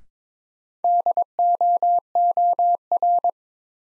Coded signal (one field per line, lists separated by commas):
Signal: Morse code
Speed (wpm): 22 wpm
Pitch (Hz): 700 Hz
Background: none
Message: DOOR